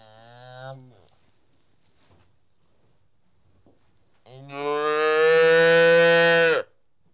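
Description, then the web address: Domestic cattle calves mooing: a short call fades out early, then after a quiet gap a long, loud, steady bawl lasts about two seconds. Young calves feeding; livestock. "BBC Sound Effects Library Livestock Young Calves Feeding"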